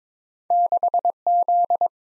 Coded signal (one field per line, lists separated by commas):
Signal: Morse code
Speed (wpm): 22 wpm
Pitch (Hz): 700 Hz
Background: none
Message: 6Z